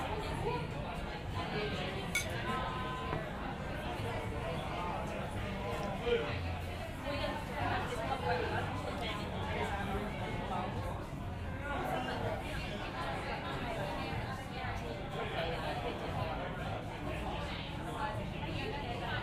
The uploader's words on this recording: City Pub Ambience - Sydney, Australia. This week, we're still in Sydney, in the Gallon Pub, right in the city centre! It's recorded using two microphones placed as if they were human ears.